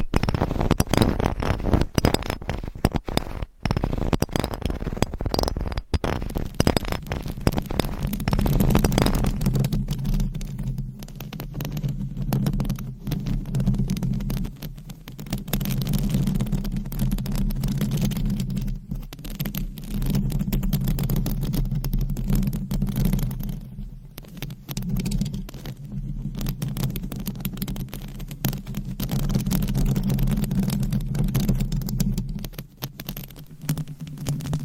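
Fingernails scratch and rub across a covered microphone, making dense, rustling friction that rises and falls in uneven bursts. After about ten seconds a steady low hum and thrum settles in beneath the scratching and continues to the end.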